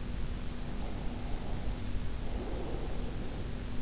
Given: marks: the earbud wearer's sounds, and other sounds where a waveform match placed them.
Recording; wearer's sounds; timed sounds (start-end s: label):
sounds in sleep by an in-ear microphone; breath
0.59-3.74 s: breath